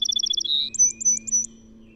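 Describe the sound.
Song sparrow song fragment: a fast trill of high notes sliding into a short buzz, then a few spaced high whistled notes.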